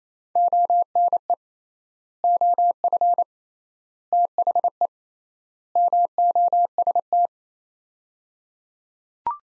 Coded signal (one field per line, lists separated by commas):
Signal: Morse code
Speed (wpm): 27 wpm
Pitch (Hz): 700 Hz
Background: none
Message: ONE OF THE MOST